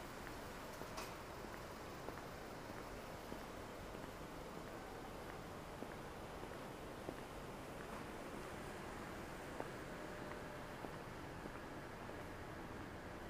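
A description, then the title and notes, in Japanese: A busy city morning in a narrow market alley, with a steady, dense wash of traffic and crowd murmur filling the scene. Faint clicks, knocks and brief bright ticks pop up every second or two over the constant low rumble. Shinjuku,Saturday morning。Morning in bustling Shinjuku is different from night.Kabukicho～Hotel street～ Kabukicho,Sakura street～Kabukicho,Ichiban-gai～Omoide Yokocho～Shinjuku East exit.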